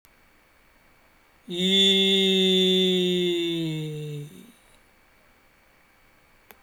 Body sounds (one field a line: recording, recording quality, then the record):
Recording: sustained vowel as in beet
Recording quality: excellent, no background noise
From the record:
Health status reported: healthy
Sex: male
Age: 42 years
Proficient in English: no